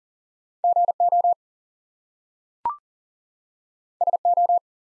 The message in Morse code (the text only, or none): GO SO